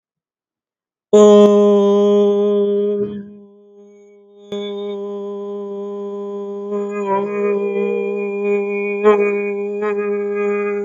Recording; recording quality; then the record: sustained vowel as in boot; excellent, no background noise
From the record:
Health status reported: healthy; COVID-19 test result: negative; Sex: female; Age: 46 years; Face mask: not worn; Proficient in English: yes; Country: United States